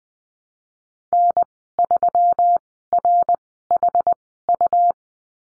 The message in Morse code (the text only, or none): N3RHU